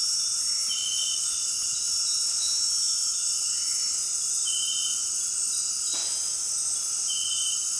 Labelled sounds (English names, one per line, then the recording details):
none
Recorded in dense forest near Puerto Asís, Putumayo, Colombia, on 19 February 2024 at 18:30
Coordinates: 0.466, -76.327
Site G6413